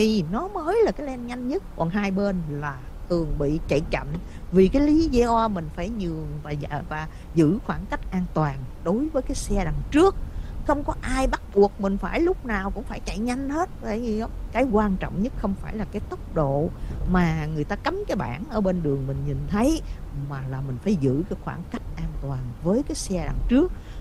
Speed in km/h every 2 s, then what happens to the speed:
69, 68, 68, 66, 68, 64, 66, 66, 66, 63, 63, 61.
0-24 steady at about 66.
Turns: none.